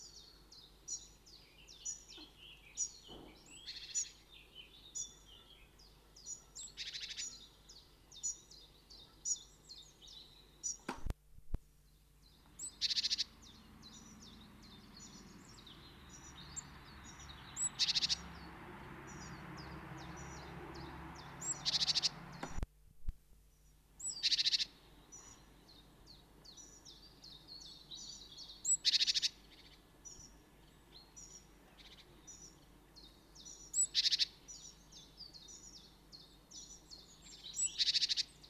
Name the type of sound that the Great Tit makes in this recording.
call